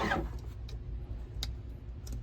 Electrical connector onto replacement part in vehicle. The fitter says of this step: Make sure it locks in place.